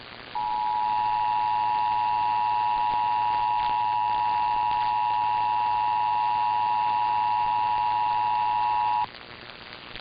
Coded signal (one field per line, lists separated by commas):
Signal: Emergency Alert System (SAME) tones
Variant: 853 and 960 Hz attention tone